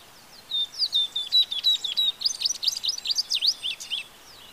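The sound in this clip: Tropeiro seedeater with a high, thin song opening in level whistles and speeding into rapid chirpy notes that rise and drop, lasting around four seconds.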